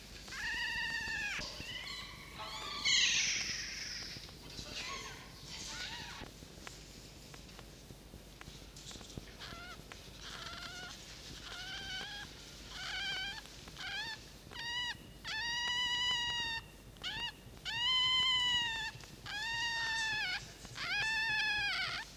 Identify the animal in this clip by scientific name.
Vulpes vulpes